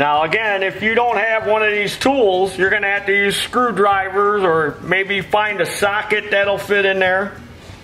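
A new red rubber and plastic primer bulb, lubed and lined up by its two tabs, is handled over a small-engine carburetor, ready to be pushed down with a tool until it clicks in. Someone talks throughout. Nothing has seated or clicked yet.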